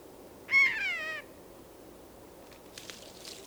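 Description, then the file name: Eurasian jay giving a single drawn-out, slightly descending mewing call lasting under a second, followed by faint rustling and clicks. "Garrulus glandarius"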